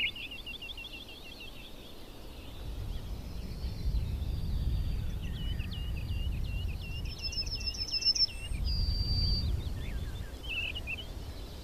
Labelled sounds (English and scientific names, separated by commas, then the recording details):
Mistle Thrush (Turdus viscivorus) song
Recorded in the wild
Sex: male
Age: adult
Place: Schönow, Naturpark Barnim, Brandenburg, DE
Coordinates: 52.686, 13.508
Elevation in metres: 70
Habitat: heath
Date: 2014-05-04
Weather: cloudy, 5°C, weak wind
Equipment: Sound Devices 702, Sennheiser MKH 70, Rycote Windschutz
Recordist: Frommolt, Karl-Heinz